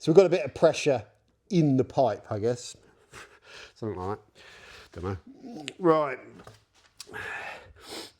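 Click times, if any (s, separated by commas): none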